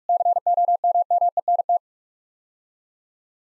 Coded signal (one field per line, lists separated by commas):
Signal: Morse code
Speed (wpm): 41 wpm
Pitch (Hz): 700 Hz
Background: none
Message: COMMENT